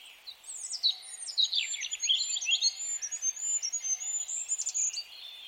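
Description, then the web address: Busy bird calling: loud, downward-swept chirps in a quick cluster, then a long train of thin high whistles with scattered twittering behind. "birddata Deverinetal 2025"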